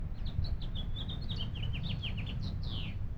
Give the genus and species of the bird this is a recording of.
Haemorhous mexicanus